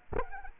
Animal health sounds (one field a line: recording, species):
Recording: mosquito wingbeat signal from an infrared sensor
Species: Culex quinquefasciatus